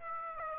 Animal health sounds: mosquito wingbeat signal from an infrared sensor; Aedes aegypti

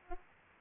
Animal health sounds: mosquito wingbeat signal from an infrared sensor; Aedes aegypti

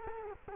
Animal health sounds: mosquito wingbeat signal from an infrared sensor; Culex quinquefasciatus

